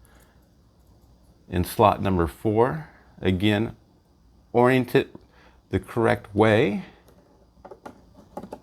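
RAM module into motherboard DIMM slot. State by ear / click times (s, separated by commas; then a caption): not seated / none. Someone talks while a second RAM module is lined up and oriented for slot 4 of a motherboard DIMM slot, with a few faint handling taps near the end. The clip ends before the stick goes home, so nothing has seated or clicked yet.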